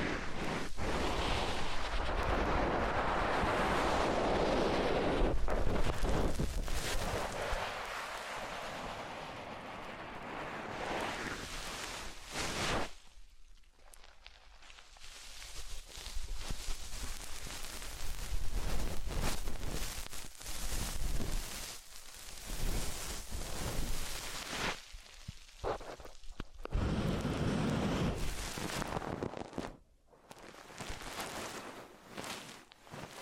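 Massage and ear cleaning sounds: soft rustling, rubbing and scratchy friction that rise and fall unevenly, loudest in the first few seconds. Dense stretches alternate with sudden quiet gaps near 13, 26 and 30 seconds, punctuated by short taps and scrapes.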